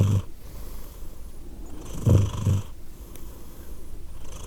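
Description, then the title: Cat purring softly, a low rumble with a couple of louder breathing pulses roughly two seconds apart. Cat named Edith, purring; Glasgow, Scotland; December 2023. "Edith purring, Glasgow, Scotland in December 2023 – by Steve Urquhart"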